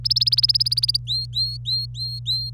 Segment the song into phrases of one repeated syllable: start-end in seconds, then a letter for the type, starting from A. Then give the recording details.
0.04-0.97 A, 1.07-2.50 B. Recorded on 25 April 2018 at 14:38. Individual llb3